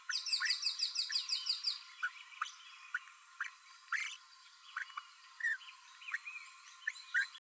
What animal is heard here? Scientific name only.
Forpus passerinus